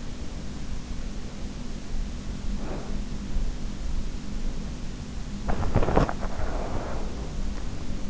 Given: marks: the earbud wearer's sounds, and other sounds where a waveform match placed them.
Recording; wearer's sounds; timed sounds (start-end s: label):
sounds in sleep by an in-ear microphone; breath, body movement
0.31-3.32 s: breath
5.41-6.24 s: body movement
6.24-7.33 s: breath